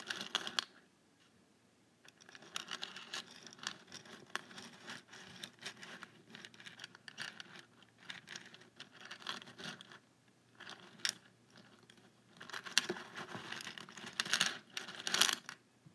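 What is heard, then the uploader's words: A paperclip is tapped and scraped on a table in clustered bursts of quick, bright metallic clicks, with short pauses near 1, 10 and 12 seconds. The loudest, densest tapping comes around 13 to 15 seconds, over a faint low hum. ASMR Tapping a Paperclip on my Table.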